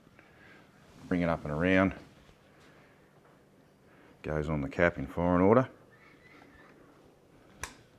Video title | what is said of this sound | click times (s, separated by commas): Summernats build pt 6, This big block chevy sounds tuff #chevyengine #summernats #enginestart | Hear it snap on. | 7.6 s